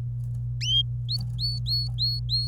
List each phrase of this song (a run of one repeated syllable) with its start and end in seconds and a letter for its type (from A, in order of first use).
1.09-2.47 A